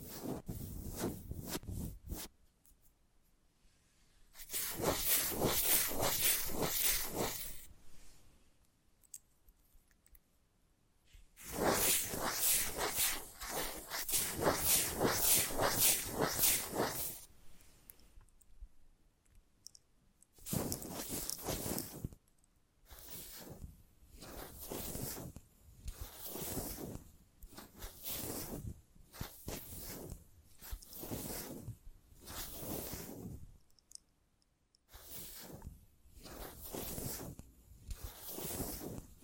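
Invisible tapping, scratching and tracing come in bursts of dry, bright rustling. Two long scratchy passages run from about 3 to 8 seconds and 11 to 18 seconds, then shorter strokes repeat every second or two until the end, with brief silences between.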